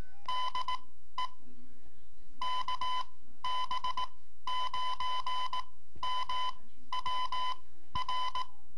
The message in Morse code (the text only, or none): DE KB9MWR